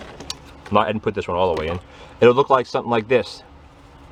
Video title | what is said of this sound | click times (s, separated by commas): Drip irrigation setup in the Greenhouses | you snap it in all right so after you snap it in my | 0.3 s